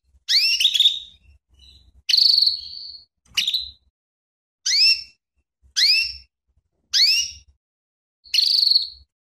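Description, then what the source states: Canary producing seven calls, mostly bright upslurred chirps spaced one to two seconds apart, with two longer buzzy notes mixed in. Female canary in breeding condition (lenjeh), calling.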